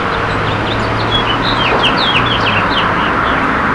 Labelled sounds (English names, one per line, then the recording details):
House Finch song
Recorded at Merrick on Long Island, New York, on 17 May 2013
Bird G